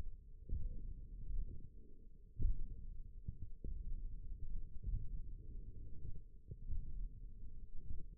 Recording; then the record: forearm muscle sounds (acoustic myography)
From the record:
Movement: tripod grip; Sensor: system 1, eight BSWA MPA416 microphones around the upper forearm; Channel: 2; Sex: male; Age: 20 years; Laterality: left